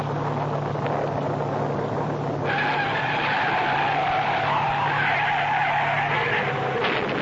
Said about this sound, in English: There were many tragic automobile accidents on the night of that October 15th. Highway police had issued a traffic advisory because of weather conditions. Harry Clark's death from the skid that sent him hurtling through the guardrail